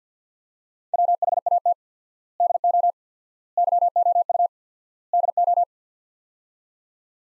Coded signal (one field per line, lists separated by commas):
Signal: Morse code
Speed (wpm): 50 wpm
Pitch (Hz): 700 Hz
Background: none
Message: WHAT DO YOU DO